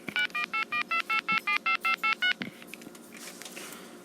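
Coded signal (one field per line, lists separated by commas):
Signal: DTMF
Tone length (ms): 100 ms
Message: 9181887558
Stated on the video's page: Tones from a Southwestern Bell FM-2552/FM-2000 corded phone while programming its memory dialer.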